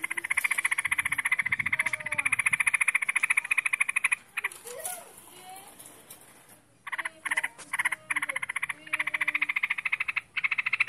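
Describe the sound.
Bird giving fast, harsh, rattling pulses in long runs, broken by a pause with softer low sounds in the middle before the rapid chatter resumes.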